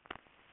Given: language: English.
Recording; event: throat vibration sensor signal played as sound; swallow